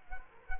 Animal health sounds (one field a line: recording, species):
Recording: mosquito wingbeat signal from an infrared sensor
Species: Culex quinquefasciatus